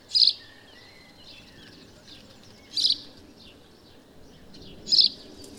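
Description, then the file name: House sparrow giving three short, sharp, high chirps spaced about two and a half seconds apart, over steady background hiss. "Passer domesticus"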